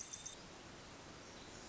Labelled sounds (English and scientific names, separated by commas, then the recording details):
Pacific Wren (Troglodytes pacificus)
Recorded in Sonoma County, California